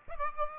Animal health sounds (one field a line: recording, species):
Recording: mosquito wingbeat signal from an infrared sensor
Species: Aedes aegypti